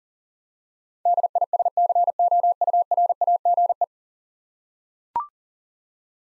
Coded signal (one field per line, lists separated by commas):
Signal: Morse code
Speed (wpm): 38 wpm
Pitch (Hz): 700 Hz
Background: none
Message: DISCOURAGE